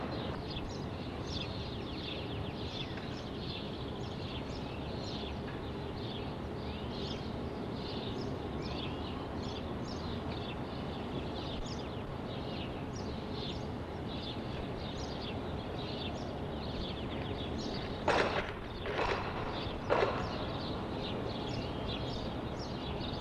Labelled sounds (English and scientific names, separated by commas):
Corsac Fox (Vulpes corsac) barking